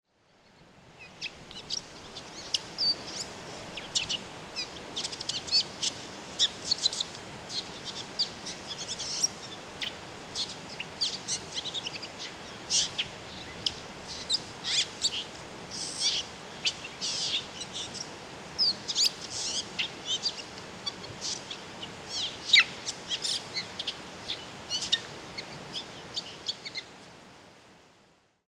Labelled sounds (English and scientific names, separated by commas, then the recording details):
Steller's Jay (Cyanocitta stelleri) song
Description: Steller's Jay song recorded at the Alluvial Fan in Rocky Mountain National Park
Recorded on 31 May 2017